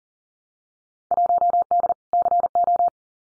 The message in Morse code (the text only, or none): 1D CO